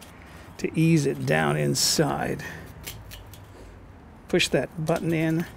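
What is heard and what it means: Someone talks while a Weber Master-Touch grill leg is twisted down into its socket and its spring lock button is pushed in, with a few faint handling ticks around 2.9, 3.1 and 3.3 seconds. The clip ends before the button snaps into its hole; nothing has seated yet.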